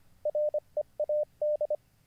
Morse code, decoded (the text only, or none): READ